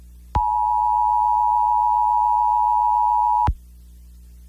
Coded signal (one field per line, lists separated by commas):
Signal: Emergency Alert System (SAME) tones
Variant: 853 and 960 Hz attention tone